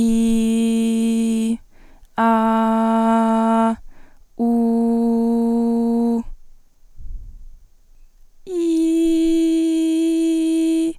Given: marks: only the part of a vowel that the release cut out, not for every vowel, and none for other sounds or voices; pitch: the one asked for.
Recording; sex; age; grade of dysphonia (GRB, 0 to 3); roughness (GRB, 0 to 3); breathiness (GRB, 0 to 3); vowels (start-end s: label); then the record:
sustained vowels; female; 20 to 29 years; 0; 0; 0
0.00-1.39 s: vowel /i/, normal pitch
2.33-3.63 s: vowel /a/, normal pitch
4.53-6.08 s: vowel /u/, normal pitch
8.85-10.68 s: vowel /i/, high pitch
From the record:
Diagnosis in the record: healthy voice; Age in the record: 20 years